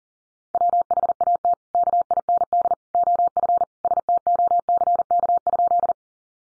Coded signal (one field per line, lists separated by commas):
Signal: Morse code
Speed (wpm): 40 wpm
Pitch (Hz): 700 Hz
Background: none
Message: WHAT KIND OF STOCK?